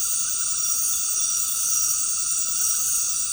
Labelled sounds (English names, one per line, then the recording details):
none
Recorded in secondary vegetation near Puerto Asís, Putumayo, Colombia, on 19 February 2024 at 19:30
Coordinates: 0.468, -76.324
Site G6381